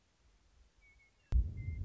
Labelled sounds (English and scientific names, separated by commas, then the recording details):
Western Meadowlark (Sturnella neglecta)
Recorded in Sonoma County, California